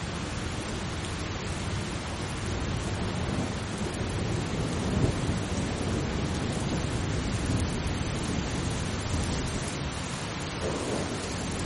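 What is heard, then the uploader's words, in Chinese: Steady rain falls in a dense, even hiss that fills the whole twelve seconds without pause. A deep, low rumble of thunder sits underneath, swelling slightly around the middle. The level stays calm and constant throughout, with no sharp events. 助眠雷雨声平静的雨。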